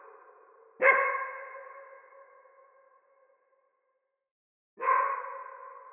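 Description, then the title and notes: Dog giving two loud barks about four seconds apart, each followed by a lingering reverberant tail that slowly dies away; otherwise quiet. Forest. "Forest Reverb with Dog by Phonophilist"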